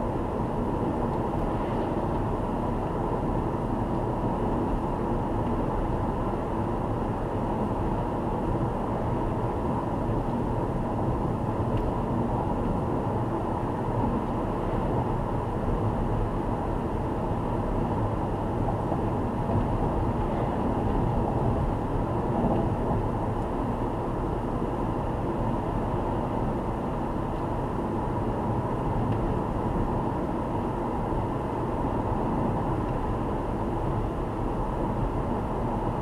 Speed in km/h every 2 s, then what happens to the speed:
89, 90, 91, 91, 91, 91, 91, 90, 90, 90, 89, 88, 88, 89, 91, 92, 92, 92.
0-36 steady at about 90.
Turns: none.